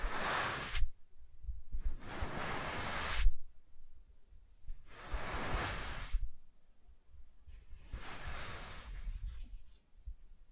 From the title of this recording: Soft Tracing on Smooth and Rough Surfaces